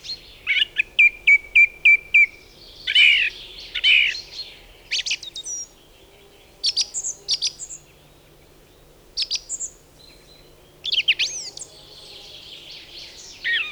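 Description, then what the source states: Song Thrush song: a sharp note repeated about six times in a row, then varied whistled and chattering phrases in separate bursts. Loudest song in a spruce forest; calmly repeats each motif several times, borrows many motifs from other birds; less fluty than blackbird or mistle thrush; folk names link its song to spring's arrival.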